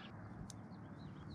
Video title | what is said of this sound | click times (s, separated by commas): Searching for Coyotes ALONE - Test and Unbox - Kospet Tank T3 Ultra GPS Smartwatch | all right that just clicked into place and now the watch is all ready | 0.5 s